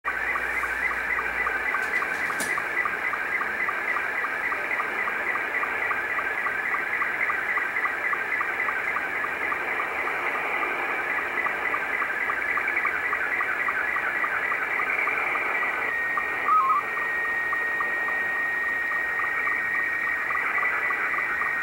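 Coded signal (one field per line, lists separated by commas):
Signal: SSTV (slow-scan television)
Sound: continuous warbling, chirping tone sweeping between mid and high pitch, with regular short ticks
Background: radio static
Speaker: this is uh R3 na which is a Russian amateur radio operator and what you're seeing here is what we call slow scan television so I'm decoding his signal sending a cqd x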